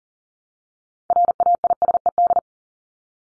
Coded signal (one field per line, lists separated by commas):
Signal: Morse code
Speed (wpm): 40 wpm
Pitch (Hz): 700 Hz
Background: none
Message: RAISED